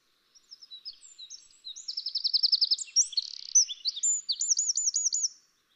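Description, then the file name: Eurasian wren song: a loud, high-pitched outpouring of quick notes with fast rattling trills in the middle and near the end, about five seconds long. "Troglodytes troglodytes"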